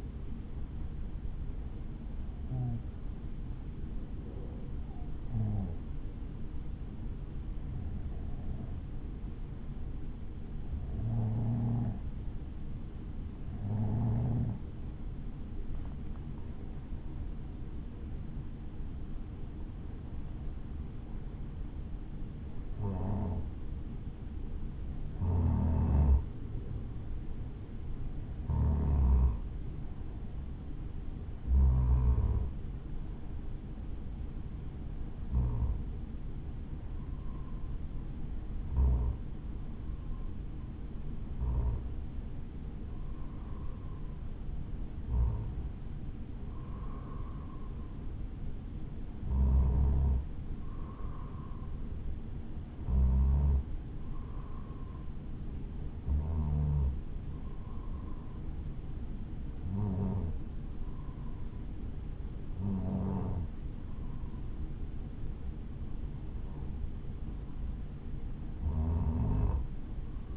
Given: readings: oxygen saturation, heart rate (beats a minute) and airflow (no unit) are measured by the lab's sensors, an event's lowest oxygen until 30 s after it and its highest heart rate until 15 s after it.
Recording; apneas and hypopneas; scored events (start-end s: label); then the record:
breathing in sleep by a smartphone at the bedside; none
none scored
From the record:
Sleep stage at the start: N2 (light sleep); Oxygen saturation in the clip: 94 to 96%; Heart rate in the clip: 53 to 60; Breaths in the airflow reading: 22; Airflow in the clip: -4.9 to 4.5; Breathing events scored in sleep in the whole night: 216 in 7.0 hours asleep